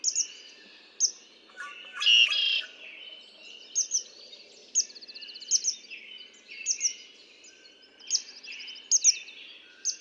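Red-winged blackbird song with a loud rasping burst early on, among clipped doubled whistles and rapid trills.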